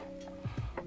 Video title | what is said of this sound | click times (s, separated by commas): Deals with David on Amazon | We'll just take our XLR cable, plug it into the bottom here, and it pops into place too. | 0.8 s